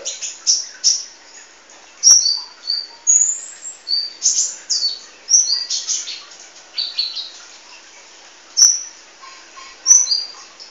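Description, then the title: Sunbird chirps: sharp, very high notes, some sliding down in pitch, repeated irregularly with a few short quiet spells. "kicau kolibri"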